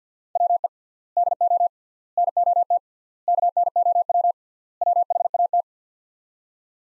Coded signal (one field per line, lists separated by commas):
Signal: Morse code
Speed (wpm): 50 wpm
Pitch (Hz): 700 Hz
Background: none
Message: WE DO NOT KNOW WHAT